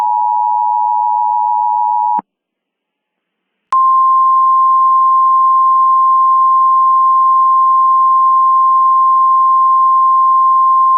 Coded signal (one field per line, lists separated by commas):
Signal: Emergency Alert System (SAME) tones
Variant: 853 and 960 Hz attention tone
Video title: EAS Mock Scenario: Complete Randomness